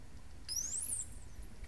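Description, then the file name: Dolphin whistle: one clear, very high tone sweeping upward then falling, then a brief second high whistle near the end, over low background noise. "Delle the dolphin"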